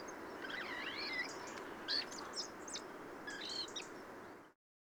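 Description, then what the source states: Bird subsong of wavering warbled notes and a few sharp chirps, then the recording cuts to silence near the end. Subsong from a bird in its first winter.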